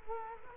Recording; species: mosquito wingbeat signal from an infrared sensor; Culex quinquefasciatus